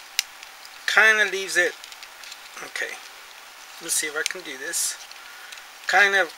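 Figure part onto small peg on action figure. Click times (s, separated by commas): 0.2 s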